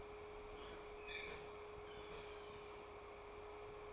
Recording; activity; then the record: daily activity, microphone in the room; open fridge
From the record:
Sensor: 1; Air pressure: 1004.6 hPa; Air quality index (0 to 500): 193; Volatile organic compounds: 16 ppm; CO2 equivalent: 2552 ppm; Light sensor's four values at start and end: 5/11/4/4 and 5/11/4/4